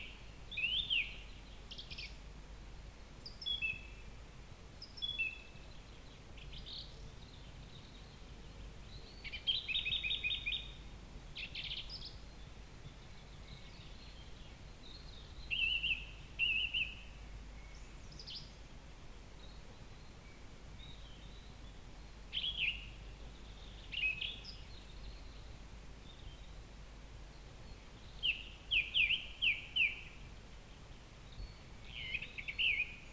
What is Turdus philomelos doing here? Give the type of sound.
song